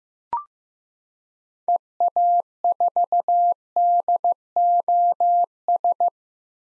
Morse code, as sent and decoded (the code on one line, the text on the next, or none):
. .- ....- -.. --- ...
EA4DOS